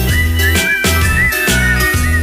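A thin, wavering whistled tune glides up and down over loud, dense music with a deep bass and a steady thumping beat.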